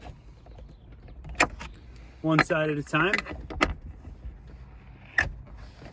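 On a 1986 Mercedes 560SL, the front edge of the manual convertible soft top is pulled to the windshield frame and locked in with the latch handle, one side at a time. A sharp latch click at 1.4 s marks the front bow seating, and further sharp knocks follow around 3.6 s and 5.2 s. Someone talks briefly in between.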